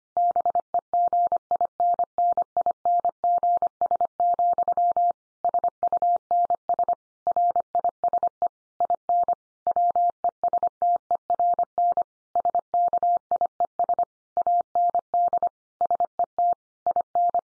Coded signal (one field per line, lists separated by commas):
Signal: Morse code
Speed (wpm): 25 wpm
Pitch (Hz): 700 Hz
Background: none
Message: BEGINNINGS, SUNS RISE IN WESTERN SKIES AND SET IN